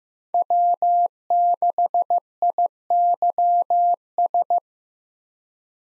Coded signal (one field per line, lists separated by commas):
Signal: Morse code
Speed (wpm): 15 wpm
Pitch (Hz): 700 Hz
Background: none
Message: W6IYS